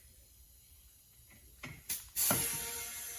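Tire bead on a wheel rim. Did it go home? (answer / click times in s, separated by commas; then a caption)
yes / 1.6 s. A tire being inflated on a classic wheel has its bead pop onto the rim, seating against it with a sharp pop at 1.6 s after quiet low background noise. A second burst follows near 1.9 s, then from about 2.2 s a loud, sustained broadband rushing noise continues to the end.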